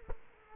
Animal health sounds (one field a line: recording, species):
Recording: mosquito wingbeat signal from an infrared sensor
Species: Culex quinquefasciatus